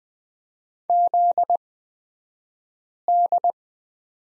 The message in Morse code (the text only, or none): ZD